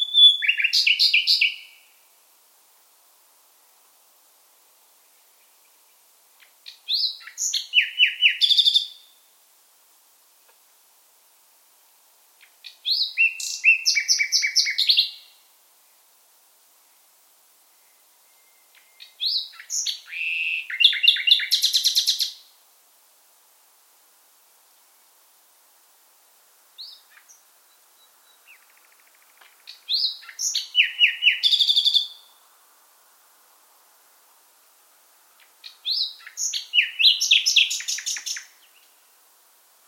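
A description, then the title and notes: A nightingale sings in bright, varied phrases about every six seconds, each lasting two to three seconds, separated by near silence. NIGHTINGALE IN FULL VOICE. The Nightingale (Luscinia megarhynchos) is an African migrant bird species with a voice like no other species on the planet.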